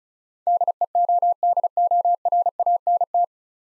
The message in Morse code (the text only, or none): DEODORANT